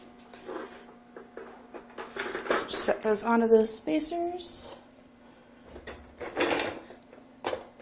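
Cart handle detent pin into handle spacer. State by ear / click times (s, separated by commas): seated / 7.5 s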